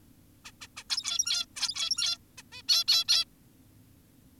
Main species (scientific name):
Taeniopygia guttata